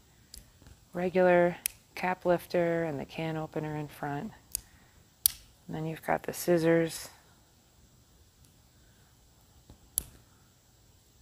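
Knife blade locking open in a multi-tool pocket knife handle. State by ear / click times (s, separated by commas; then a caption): seated / 10.0 s. Someone talks while handling an aluminium-scaled multi-tool pocket knife, with sharp clicks around 4.6 s and 5.3 s. After the talking stops, the main blade is opened until it snaps and locks firmly into the open position with a crisp click at 10.0 s.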